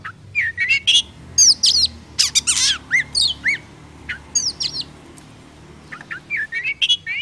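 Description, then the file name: Oriental magpie-robin song of varied whistled slurs and harsh rasping notes, lively first half, then sparser phrases with quiet gaps, softer toward the end. Lure recording of kacer song used for trapping birds. "suara burung kacer pikat"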